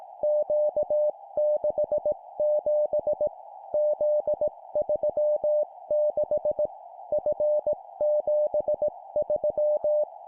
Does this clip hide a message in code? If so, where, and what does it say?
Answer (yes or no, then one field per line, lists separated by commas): yes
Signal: Morse code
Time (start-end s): 0.2-10.0 s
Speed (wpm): 18 wpm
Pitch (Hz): 600 Hz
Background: none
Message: Q67 Z36 F73